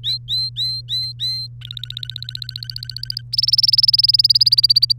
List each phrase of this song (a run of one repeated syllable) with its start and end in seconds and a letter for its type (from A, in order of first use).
0.03-1.47 A, 1.61-3.21 B, 3.33-4.92 C